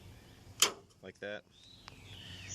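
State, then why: Seated. A new plastic grommet for the tail light lens on a 2008 Dodge Ram 1500 is pushed straight into the lower mounting hole in the truck body. It gives a sharp click at 0.6 s as it seats, and then someone talks.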